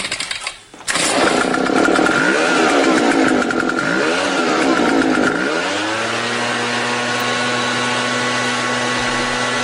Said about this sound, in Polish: No, już ta dmuchawa do liści, naprawdę pan zaczął, jeszcze 6 nie ma, no nie da pospać, nie da.